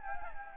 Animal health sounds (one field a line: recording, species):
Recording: mosquito wingbeat signal from an infrared sensor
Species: Anopheles gambiae